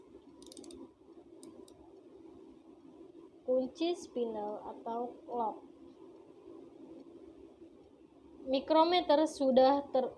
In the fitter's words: Utara cat sampai berbunyi klik kunci